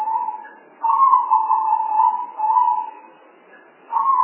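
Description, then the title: Spotted dove cooing in soft, burry phrases: a short note, then a long rolling coo of about a second and a half, a lower trailing coo, and a new phrase beginning. Lure call for spotted doves, from a compilation of spotted dove sounds. "Pikat Burung Tekukur"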